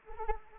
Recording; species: mosquito wingbeat signal from an infrared sensor; Anopheles arabiensis